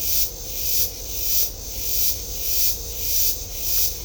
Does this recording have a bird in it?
no